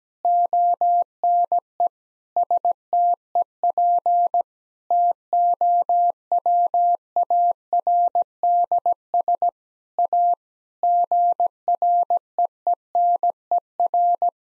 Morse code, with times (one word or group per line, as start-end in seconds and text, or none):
0.2-1.9 ONE
2.4-4.4 STEP
4.9-9.5 TOWARDS
10.0-10.3 A
10.8-14.3 GREENER